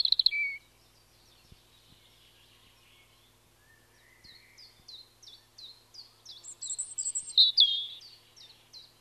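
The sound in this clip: European robin singing a brief high phrase, pausing, then a series of quick thin notes that build into a louder, varied warble.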